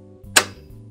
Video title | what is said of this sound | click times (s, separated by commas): How to Use A Serger Sewing Machine - Serger Tutorial | line up those and they snap into place | 0.4 s